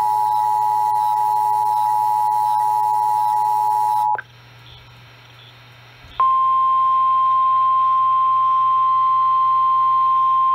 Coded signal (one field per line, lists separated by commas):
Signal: Emergency Alert System (SAME) tones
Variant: 853 and 960 Hz attention tone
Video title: NOAA Radio (EAS # 297-313) SVR's, TOR's, TOA's